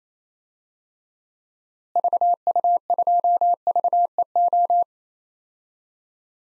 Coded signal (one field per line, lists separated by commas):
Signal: Morse code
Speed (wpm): 28 wpm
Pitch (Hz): 700 Hz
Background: none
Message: VU2VEO